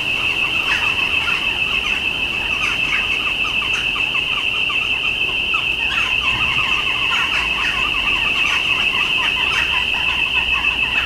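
Birds chatter densely and without pause, many quick chirps overlapping in a busy flock-like chorus. A thin, high, steady ringing tone runs unbroken underneath the whole time. The level stays even throughout, with a faint low rumble in the background.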